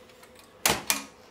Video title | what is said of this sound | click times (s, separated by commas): Change Belt in the OKI PRO1050 / 1040 | quite simply it will lock into place we make sure we lock the little locks in there as well | 0.7 s, 0.9 s